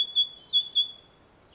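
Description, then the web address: Great tit sounding quick, ringing alternating notes, a handful of high-low pairs in just over one second, then silence. "SETE data Parus major"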